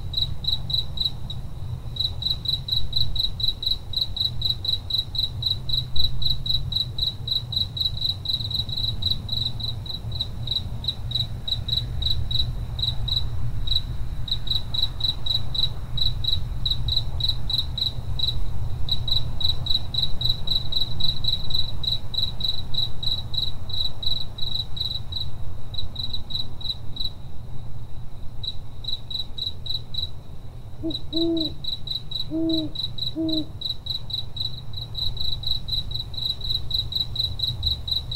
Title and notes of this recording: Crickets and Owls. The tranquil sounds of a summer's night, filled with the calming songs of crickets and the occasional hooting of an owl